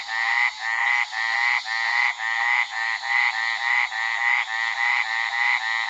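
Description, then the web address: Lowland burrowing treefrog giving a steady, continuous run of rapid, nasal honking notes, roughly two each second. "Songs of Frogs Toads of North America. Lowland Burrowing Treefrog"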